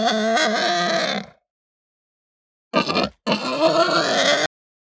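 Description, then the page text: Pig squealing harshly: a long rough squeal, a pause, then a short burst followed by another drawn-out grating squeal. Hampshire breed pig, long aggressive squeal. "Hampshire Pig Squeal Long Aggressive. Quick Sounds"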